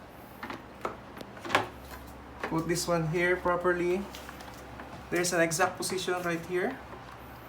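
A removable part of a water-basin vacuum cleaner is handled and positioned in its exact spot on the vacuum body, with light knocks and taps around 0.4 to 2.4 seconds while someone talks. Nothing has seated or clicked yet.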